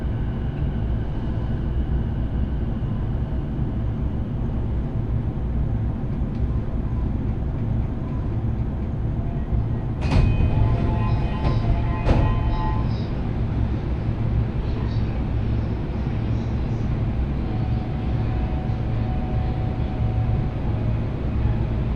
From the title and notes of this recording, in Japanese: 常磐線各駅停車 北千住→我孫子。各駅停車区間を走るのは東京メトロ千代田線に乗り入れる車両なので随分と異色な感じがします。